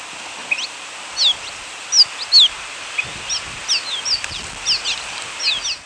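Cave swallow calls: scattered high squeaky chirps and slurred notes, sparse at first then more frequent, with a hissing background.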